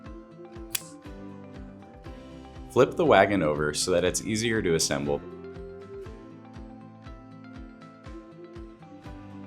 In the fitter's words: Snap the brake assembly over the exposed tubes on the rear of the wagon until you hear a click.